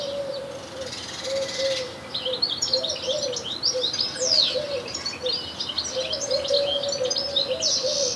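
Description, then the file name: European goldfinch calls: busy, tinkling high twitters through most, with a low tone repeating underneath. "Carduelis carduelis"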